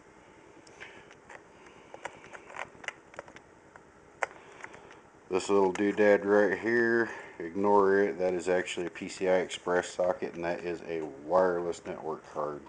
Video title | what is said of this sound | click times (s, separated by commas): How To Install/Upgrade Memory (RAM) in your Desktop/Laptop | then you just rock it down snap it locks into place | 4.2 s